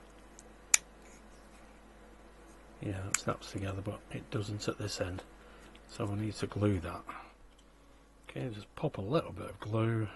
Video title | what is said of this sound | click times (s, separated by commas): Build the U96 Pack 12 Stages 45 to 48 from Hachette | et oui, ça s'enclenche ensemble, mais ce | 0.7 s